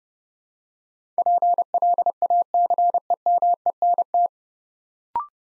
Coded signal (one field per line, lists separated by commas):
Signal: Morse code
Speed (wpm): 30 wpm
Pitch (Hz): 700 Hz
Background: none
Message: PLACEMENT